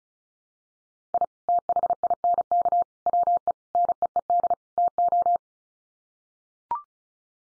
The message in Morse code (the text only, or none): I THINK WE NEED TO